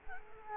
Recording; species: mosquito wingbeat signal from an infrared sensor; Culex quinquefasciatus